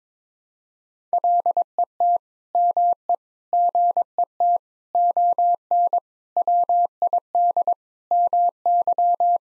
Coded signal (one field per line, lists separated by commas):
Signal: Morse code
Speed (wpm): 22 wpm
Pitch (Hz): 700 Hz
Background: none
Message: LET ME GET ON WID MY